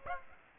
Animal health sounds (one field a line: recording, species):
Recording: mosquito wingbeat signal from an infrared sensor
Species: Aedes aegypti